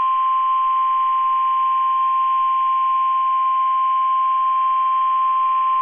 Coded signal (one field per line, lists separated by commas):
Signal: Emergency Alert System (SAME) tones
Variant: 1050 Hz attention tone